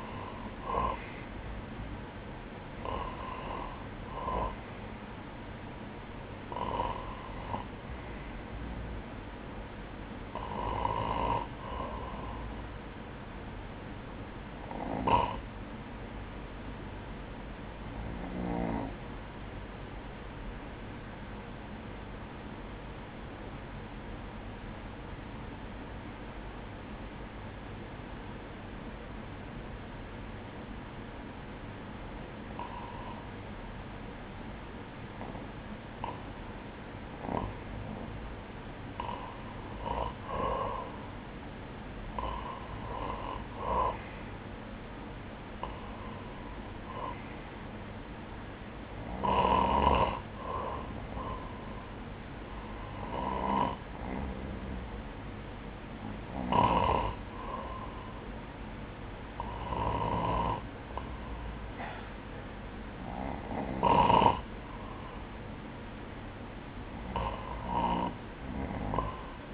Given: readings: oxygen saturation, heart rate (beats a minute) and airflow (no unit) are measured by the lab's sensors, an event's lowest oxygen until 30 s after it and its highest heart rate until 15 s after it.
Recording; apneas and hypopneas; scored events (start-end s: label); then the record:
breathing in sleep by a voice recorder at the bedside; 1
21.00-34.60 s: obstructive apnea (N1, oxygen 97% highest, then 94% lowest, heart rate 57 at the start, 63 highest)
From the record:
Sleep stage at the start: N1 (lightest sleep); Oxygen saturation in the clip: 93 to 97%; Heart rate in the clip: 55 to 63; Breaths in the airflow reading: 17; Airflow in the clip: -11.0 to 7.8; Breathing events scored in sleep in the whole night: 180 in 6.7 hours asleep